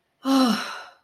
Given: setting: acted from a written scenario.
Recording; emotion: vocal sound without words; relief